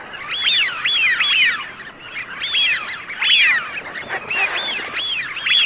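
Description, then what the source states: Eurasian wigeon whistles: repeated rising-falling whistled calls from several birds, overlapping in uneven bursts. Filtered.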